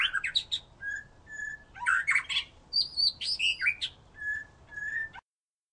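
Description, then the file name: White-rumped shama singing a lively run of harsh chattering notes mixed with short steady whistles and rising slurs, ending abruptly after about five seconds. "murai batu"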